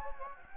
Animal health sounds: mosquito wingbeat signal from an infrared sensor; Anopheles gambiae

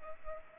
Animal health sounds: mosquito wingbeat signal from an infrared sensor; Culex pipiens

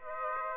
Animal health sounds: mosquito wingbeat signal from an infrared sensor; Aedes aegypti

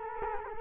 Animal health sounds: mosquito wingbeat signal from an infrared sensor; Culex quinquefasciatus

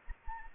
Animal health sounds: mosquito wingbeat signal from an infrared sensor; Anopheles arabiensis

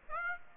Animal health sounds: mosquito wingbeat signal from an infrared sensor; Aedes aegypti

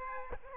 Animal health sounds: mosquito wingbeat signal from an infrared sensor; Aedes aegypti

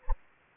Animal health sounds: mosquito wingbeat signal from an infrared sensor; Anopheles gambiae

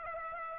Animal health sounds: mosquito wingbeat signal from an infrared sensor; Aedes aegypti

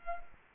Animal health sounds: mosquito wingbeat signal from an infrared sensor; Culex quinquefasciatus

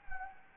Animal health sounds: mosquito wingbeat signal from an infrared sensor; Anopheles gambiae

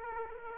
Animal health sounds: mosquito wingbeat signal from an infrared sensor; Aedes aegypti

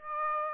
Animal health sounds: mosquito wingbeat signal from an infrared sensor; Aedes aegypti

